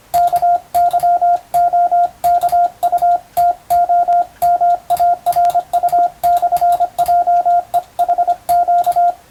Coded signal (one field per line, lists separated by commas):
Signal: Morse code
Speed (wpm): 26 wpm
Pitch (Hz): 700 Hz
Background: radio noise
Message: KYOKUTOMARU/JEHQ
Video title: 無線従事者国家試験総合無線通信士電気通信術のトレーニングにＣＷを打ってみました。アマチュア無線ハムの受信練習にもどうぞ(morse code practice for radio operator )